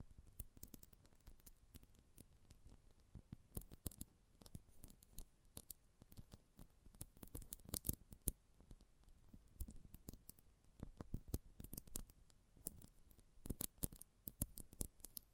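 Close-up metallic sounds: a steady run of sharp clicks and snips, many clustered in quick bursts, with brief gaps between groups. Each hit is crisp and bright over a thin rustling, scraping bed, like blades or small metal parts worked by hand.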